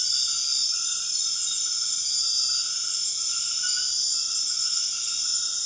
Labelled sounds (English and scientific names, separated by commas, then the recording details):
none
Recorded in secondary vegetation near Puerto Asís, Putumayo, Colombia, on 25 June 2025 at 20:00
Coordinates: 0.485, -76.322
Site GP06